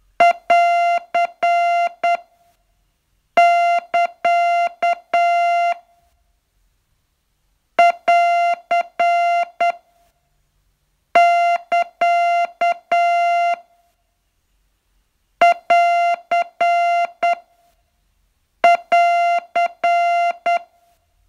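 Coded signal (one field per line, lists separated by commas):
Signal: Morse code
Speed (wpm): 9 wpm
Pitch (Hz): 690 Hz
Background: music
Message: <AR><KA> <AR> <KA> <AR> <AR>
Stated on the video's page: Morse training lesson, day 40 of a 42-day course.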